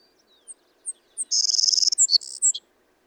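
Savannah sparrow song of high, sharp opening notes, a rapid buzzing trill and a brief lower buzzy flourish at the end.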